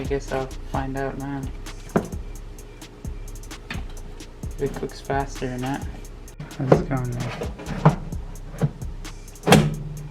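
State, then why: Not seated. A food-loaded basket drawer of a 9.5 qt XXL air fryer is handled at the fryer housing while someone talks, with music in the background. Several sharp taps and knocks are heard, the loudest near 9.5 s. Nothing has seated or clicked home yet.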